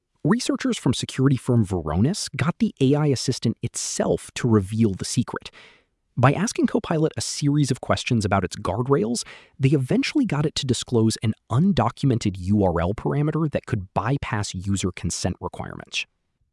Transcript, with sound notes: Researchers from security firm Varonis got the AI assistant itself to reveal the secret. [thoughtful] By asking Copilot a series of questions about its guardrails, they eventually got it to disclose an undocumented URL parameter that could bypass user consent requirements.